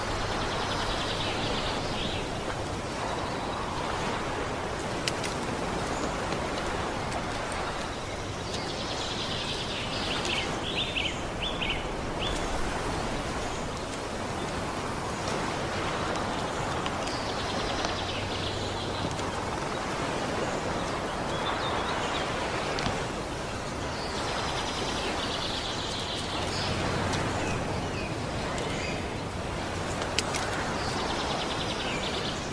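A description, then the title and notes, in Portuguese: Nature sounds: a steady, dense hiss like rain or rushing water runs unbroken at an even level throughout. Bright bird-like calls rise above it in short bursts every few seconds, and a low rumble comes and goes underneath. Sons da Natureza.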